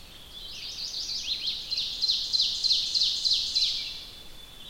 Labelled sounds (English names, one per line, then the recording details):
Ovenbird song
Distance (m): 55 m
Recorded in boreal forest in Alberta, Canada, on 1 July 2016 at 05:36
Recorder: SongMeter 3, array SBT-6-79
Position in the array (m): 225 m, 11 m
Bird 39